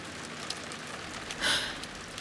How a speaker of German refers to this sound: Der Regen, der erst nachgelassen hatte, plätterte plötzlich aufs Dach wie nach einem Donnerschlag.